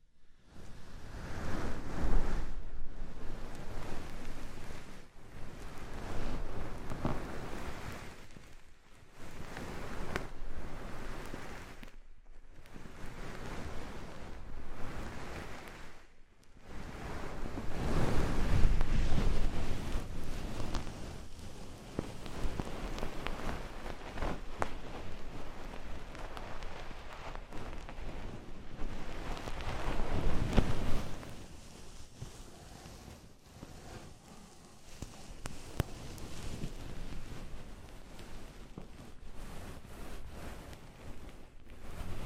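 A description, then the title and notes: Ear massage sounds with oil and foam: dense, rushing rubbing and squishing that swells and fades in waves. Early on the strokes come in bursts separated by short silences near 4, 9, 12 and 16 seconds, then run more continuously, peaking around 19 and 31 seconds. ASMR Oil, Foam and Tingly Ear Massage.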